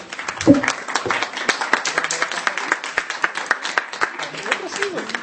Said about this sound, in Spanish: Muy bien, un aplauso por favor.